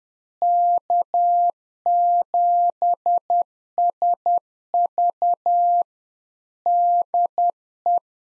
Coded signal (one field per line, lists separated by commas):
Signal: Morse code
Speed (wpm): 10 wpm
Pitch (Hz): 700 Hz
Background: none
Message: K7SV DE